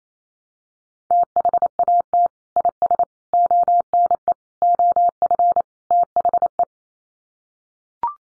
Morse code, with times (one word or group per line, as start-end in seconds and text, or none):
1.1-2.3 THAT
2.6-3.0 IS
3.3-4.3 ONE
4.6-5.6 OF
5.9-6.6 THE